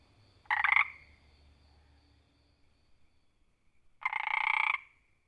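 Frog with a short raspy croak and, a few seconds later, a longer buzzing pulsed croak; faint low hum underneath.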